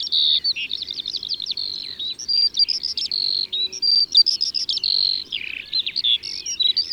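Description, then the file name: Eurasian skylark in full song, a lively mix of rapid trills, scratchy notes and short steady whistles strung together. Recorded in Ardèche, France. "Alouette-Des-Champs-Concerts-Naturels-De-l Ardeche"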